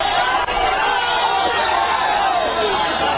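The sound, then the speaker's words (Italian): Police charge protesters with water cannons to clear a housing-movement demonstration in Piazza del Campidoglio, Rome, in the afternoon: a dense, continuous roar of crowd noise with overlapping voices and shouts, steady and loud throughout, with no clear pauses. “Sentite, cariche della polizia con gli idranti per sgomberare oggi a Roma, piazza del Campidoglio, dove era in corso nel pomeriggio la manifestazione dei movimenti per la casa.”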